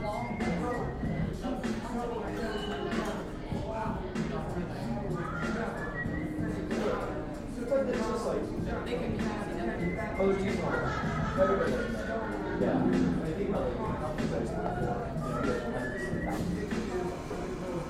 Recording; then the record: background sound without coughing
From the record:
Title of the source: 60 minutes of coffee shop sounds for study and concentration